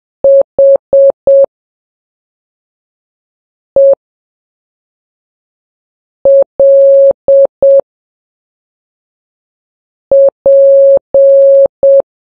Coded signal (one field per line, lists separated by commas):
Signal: Morse code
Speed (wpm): 7 wpm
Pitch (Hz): 550 Hz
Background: none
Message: HELP